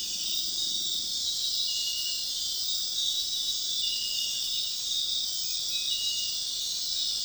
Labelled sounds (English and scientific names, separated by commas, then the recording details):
none
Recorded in dense forest near Puerto Asís, Putumayo, Colombia, on 20 February 2024 at 02:00
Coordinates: 0.502, -76.324
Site G6370